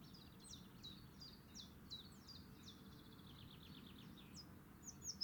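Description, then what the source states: Willow warbler song, a run of high, soft slurred notes gradually descending in a cascading phrase, with a low rumbling background noise throughout. Adult singing.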